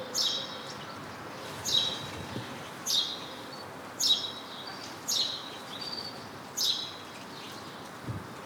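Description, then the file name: House sparrow chirps, bright clipped calls repeated about every second. "Passer domesticus"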